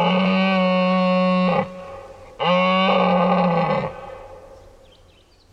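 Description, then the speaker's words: Red deer stag bellowing: two loud, deep, harmonic roars of about one and a half seconds each, separated by a brief gap, then quiet. Male stag rutting roar; bellows with an infrasonic element and a tenor tone. "It's certainly got a bit of real sort of tenor tone to it."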